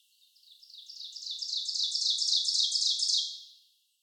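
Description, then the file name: Ovenbird song, a rapid series of high, repeated two-note phrases that grows steadily louder, then fades out quickly, lasting about three seconds. Recorded on 30 May 2019; three songs. "2019-05-30 Ovenbird 3 Songs"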